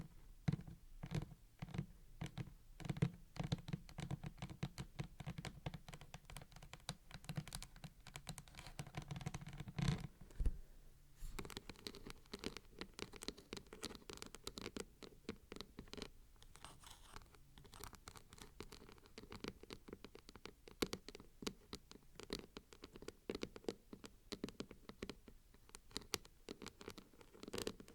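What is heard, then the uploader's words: A microphone unboxing: dense, irregular clicks, crinkles and scratchy handling noises continue throughout, with sharp taps and rustles coming rapidly. A low hum sits underneath the first ten seconds, then drops away, leaving steadier crackling and tapping for the rest. Crisp and Bassy Microphone Unboxing. No Talking.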